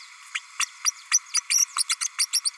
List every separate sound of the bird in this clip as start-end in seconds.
0.34-0.39, 0.59-0.66, 0.84-0.91, 1.11-1.19, 1.34-1.40, 1.50-1.67, 1.78-1.84, 1.89-1.95, 2.01-2.08, 2.18-2.27, 2.33-2.41, 2.44-2.50